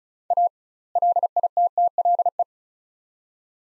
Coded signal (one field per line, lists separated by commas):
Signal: Morse code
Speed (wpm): 36 wpm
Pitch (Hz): 700 Hz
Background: none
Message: A LITTLE